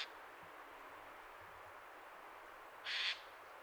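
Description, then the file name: Eurasian jay with a single hoarse, noisy screech near the end, following the tail of another at the start, over steady background hiss. "Garrulus glandarius"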